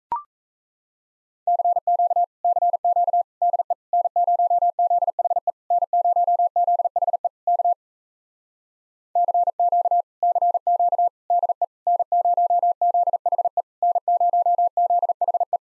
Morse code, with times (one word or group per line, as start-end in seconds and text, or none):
1.5-2.2 CQ
2.4-3.2 CQ
3.4-3.7 DE
3.9-5.5 N0ZHE
5.7-7.3 N0ZHE
7.5-7.7 K
9.2-10.0 CQ
10.2-11.1 CQ
11.3-11.6 DE
11.9-13.6 N0ZHE
13.8-15.6 N0ZHE